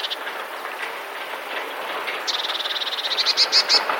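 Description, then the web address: Eurasian blue tit song, a high rattling trill that swells and ends in a few stronger notes, over a noisy background with fainter chips at the start. "wroblowe teka modraszkoteka"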